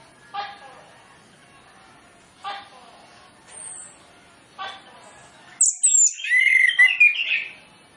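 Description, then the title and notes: Orange-headed Thrush song: a few soft, scratchy notes spaced about two seconds apart, then a loud, rapid outburst of whistles and chirps. Varied song phrases used as a lure to make Orange-headed Thrushes start singing loudly quickly. "Masteran Anis Kembang Full Isian Untuk Suara Pancingan Anis Kembang Agar Cepat Ngeplong. Suara Burung Anis Kembang"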